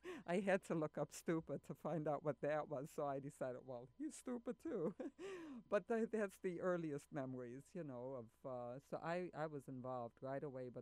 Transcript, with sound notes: I had to look up 'stupid' to find out what that was. So I decided well, he's stupid too. [Laughs] But that -- that's the earliest memories, you know, of -- so I was involved right away.